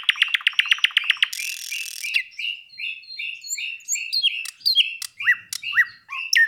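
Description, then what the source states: Nightingale song: a fast run of repeated sharp notes, a brief harsh buzz, then a series of clear slurred whistles. Recorded 26 April 2012.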